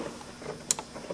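A plastic door courtesy light housing with blue lights is pressed back into its opening in the door trim panel of a BMW X5 (E53, 2000–2006). One sharp click at 0.7 s, followed by a softer tick, marks the housing snapping into place, and it is seated.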